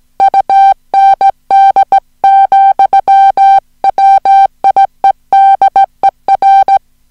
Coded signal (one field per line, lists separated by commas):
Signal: Morse code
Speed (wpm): 17 wpm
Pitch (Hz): 780 Hz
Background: music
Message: UND, WIEDER